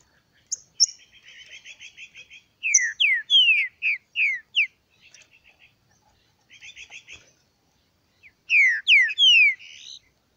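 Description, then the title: Green-winged saltator song: loud downslurred whistled notes in short phrases, with softer rapid trilled chatter between them. Nicão singing in the bush, competing in song with a free-living bird. "Trinca Ferro NICÃO No Mato Disputando Com Solto"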